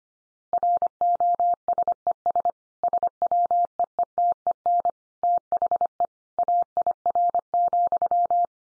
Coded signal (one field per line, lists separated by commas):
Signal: Morse code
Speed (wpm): 25 wpm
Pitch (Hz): 700 Hz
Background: none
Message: ROSES SWEETEN THE AIR,